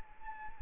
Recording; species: mosquito wingbeat signal from an infrared sensor; Anopheles arabiensis